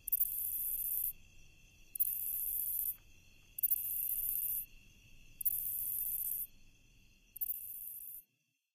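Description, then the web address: Lesser pine katydid song: five hissing high buzzes of about a second each, evenly spaced, with a faint steady tone and low rumble underneath. Recorded in North America. "Songs of Insects. Lesser Pine Katydid"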